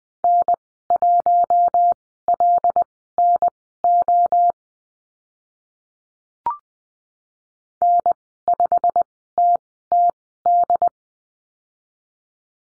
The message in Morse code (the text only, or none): N1LNO N5TTD